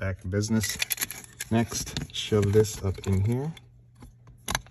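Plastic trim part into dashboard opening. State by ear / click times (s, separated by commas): seated / 4.5 s, 4.6 s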